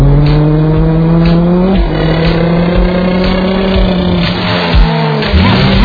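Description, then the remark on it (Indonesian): A Chevrolet Spin car's small engine roars steadily, its pitch rising and dropping sharply a couple of times as it revs hard, with hints of tires squealing over the loud, continuous drone. “Chevrolet Spin, mesin kecil yang dahsyat serunya.”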